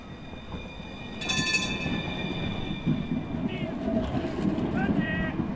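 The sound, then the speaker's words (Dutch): The Strand Express tram rumbles past on its rails with a steady low roar, a brief bright metallic squeal of wheels flaring near the start and faint high whines later. “Zo, dat is de tram.”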